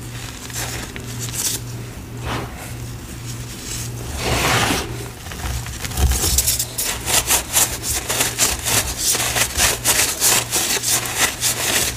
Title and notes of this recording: Sifting, Mixing, Reforming Green Cornstarch & Gym Chalk Powders. Sifting asmr, powder play, pouring water, mixing paste, reforming cornstarch and dyed gym chalk powder